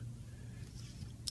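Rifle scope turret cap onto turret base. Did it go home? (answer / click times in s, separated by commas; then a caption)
yes / 1.3 s. A turret cap on a Primary Arms GLx4 2.5-10x44 rifle scope, lined up with the revolution marks after zeroing, is dropped down onto the turret base over a steady low background rumble. A sharp metal-on-metal click comes at 1.3 s as the cap locks into place, and it is seated.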